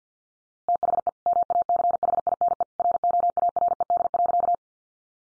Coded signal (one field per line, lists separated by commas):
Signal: Morse code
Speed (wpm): 50 wpm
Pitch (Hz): 700 Hz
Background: none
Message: THE MACHINE ROARED.